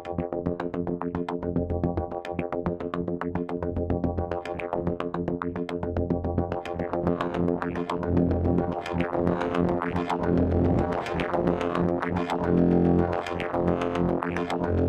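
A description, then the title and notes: Vactrol drone tones hold a thick, steady bed of low and middle pitches, with fast rhythmic pulses flickering through the upper range. The sound swells slightly louder after about eight seconds, where the middle tones brighten and shift before settling again. Vactrol Drone Tones.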